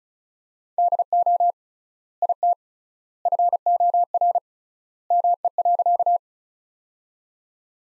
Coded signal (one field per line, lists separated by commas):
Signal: Morse code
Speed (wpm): 34 wpm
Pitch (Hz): 700 Hz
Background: none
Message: DO IT FOR ME.